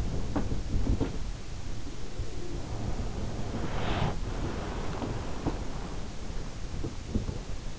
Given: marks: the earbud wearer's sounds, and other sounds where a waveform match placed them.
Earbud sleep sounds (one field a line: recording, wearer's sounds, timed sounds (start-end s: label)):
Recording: sounds in sleep by an in-ear microphone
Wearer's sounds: snoring breath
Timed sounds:
0.00-3.29 s: sound from someone else or the room
3.47-4.51 s: snoring breath
5.73-7.79 s: sound from someone else or the room